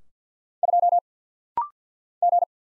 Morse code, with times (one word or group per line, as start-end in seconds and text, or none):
0.6-1.0 2
2.2-2.4 G